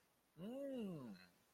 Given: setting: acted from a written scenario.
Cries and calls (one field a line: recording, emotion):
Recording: vocal sound without words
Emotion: confusion